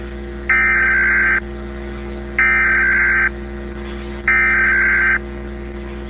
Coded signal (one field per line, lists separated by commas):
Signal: Emergency Alert System (SAME) tones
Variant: header bursts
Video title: SpongeBob’s Last Stand EAS Alert/-|-\ [2010]